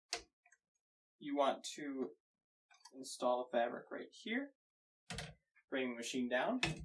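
A fabric sample is being mounted on a fabric abrasion tester while someone talks, with the sample clamp bar being handled and pushed down. Brief sharp taps are heard near 0.1 and 5.1 seconds between the talking. The clip ends before the clamp latches, so nothing has seated or clicked yet.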